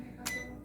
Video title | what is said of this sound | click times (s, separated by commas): 8 September 2023 | again press this one back to release this click and | 0.3 s